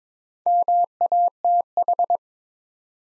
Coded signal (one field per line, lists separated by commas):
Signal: Morse code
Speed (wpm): 22 wpm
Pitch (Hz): 700 Hz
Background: none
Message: MATH